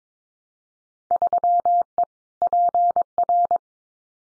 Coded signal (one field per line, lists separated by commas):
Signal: Morse code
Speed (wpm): 22 wpm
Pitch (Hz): 700 Hz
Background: none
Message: 3E PR